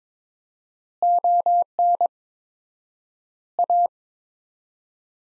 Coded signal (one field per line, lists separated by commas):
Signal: Morse code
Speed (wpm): 22 wpm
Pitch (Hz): 700 Hz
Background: none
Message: ON A